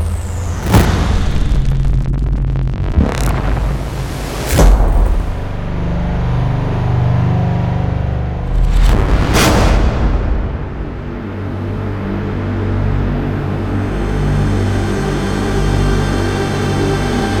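Massive impacts hit near 1, 3, 4.5 and 9 seconds over a deep, rumbling synth drone that keeps evolving and thickening toward the end.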